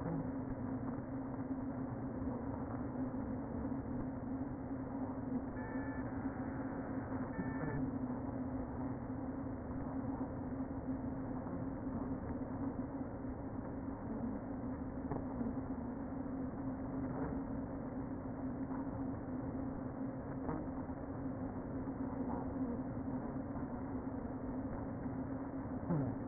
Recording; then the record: honeybee colony, microphone inside the hive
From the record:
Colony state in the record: queen present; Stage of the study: before two queens were removed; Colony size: about 60,000 bees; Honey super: yes